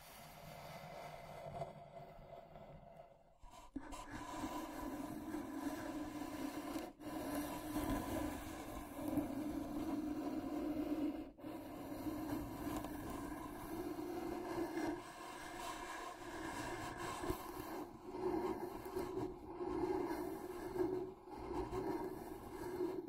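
A wooden box is slowly scratched and traced, a steady rough scraping with a low rumbling tone, briefly pausing near three, seven and eleven seconds.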